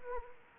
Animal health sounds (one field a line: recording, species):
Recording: mosquito wingbeat signal from an infrared sensor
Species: Anopheles arabiensis